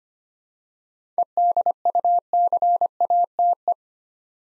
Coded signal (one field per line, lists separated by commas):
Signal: Morse code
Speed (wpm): 25 wpm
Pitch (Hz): 700 Hz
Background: none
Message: EDUCATE